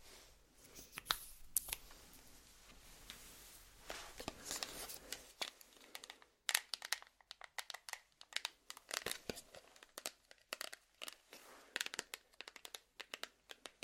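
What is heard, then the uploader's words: Makeup ASMR sounds without talking: for the first five seconds a steady, dense crinkling and rustling with a soft low rumble underneath. After a brief quiet, sharp bright clicks and taps arrive in irregular bursts, some quick clusters and some single snaps, through to the end. ASMR Doing Your Makeup , Pure Sounds , No Talking.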